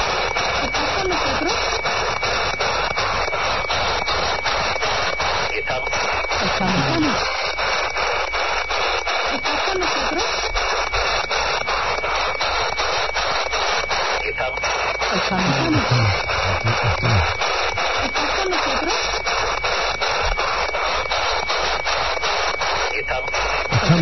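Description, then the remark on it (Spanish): Loud, steady radio static from a spirit box hisses throughout. A thin, high-pitched beeping tone from the temperature detector of the Spirit Box 2.0 runs continuously underneath, and faint muffled voice-like sweeps rise and fall in the low end. “Hay una cosa, y es que ese pitido que se escucha de fondo es el pitido que la Spirit Box, la número 2, la 2.0 podemos decir, tiene un detector de temperatura.”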